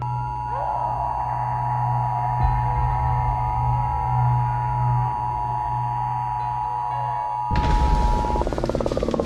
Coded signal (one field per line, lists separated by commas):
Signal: Emergency Alert System (SAME) tones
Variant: 853 and 960 Hz attention tone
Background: music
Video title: SCP Emergency Alert System #scp #scpfoundation